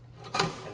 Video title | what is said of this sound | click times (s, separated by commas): The Ultimate La 960V2 Virtual Demo | it should click into place | 0.3 s, 0.4 s